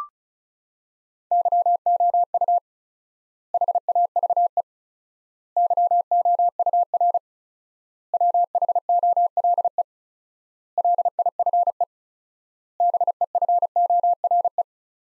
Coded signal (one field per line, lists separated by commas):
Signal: Morse code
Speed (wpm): 36 wpm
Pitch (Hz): 700 Hz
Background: none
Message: YOU HAVE YOUR WHOLE LIFE BEFORE